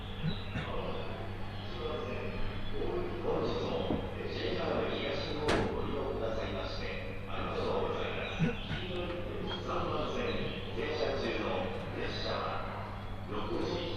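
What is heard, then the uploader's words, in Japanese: Inside a 701-series train on the Tohoku Main Line, a steady low rumble runs beneath scattered passenger voices, with a sharp clack near six seconds. 鉄道旅 東北本線 仙台→小牛田。6:00発の始発列車小牛田行きに乗車します。701系の4両編成、仙台から離れていくのでそれほど混雑はありません。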